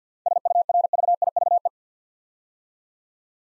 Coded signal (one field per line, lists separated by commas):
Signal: Morse code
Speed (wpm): 52 wpm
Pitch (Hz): 700 Hz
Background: none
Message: SURVIVE